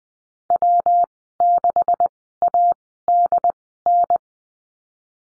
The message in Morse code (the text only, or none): W6ADN